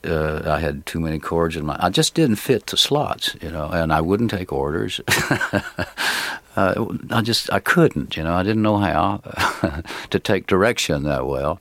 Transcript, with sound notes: I had too many chords in my - I just didn't fit the slots, you know. And I wouldn't take orders. (Soundbite of laughter) I just - I couldn't, you know. I didn't know how to take direction that well,